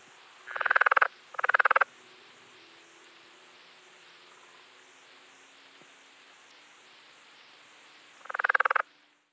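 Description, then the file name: Rio Grande leopard frog giving rattling, pulsed croaks in three short bursts, two close together early and one near the end, over faint steady background noise. "Rana berlandieri"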